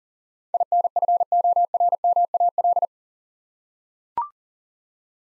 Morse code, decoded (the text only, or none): INFORMAL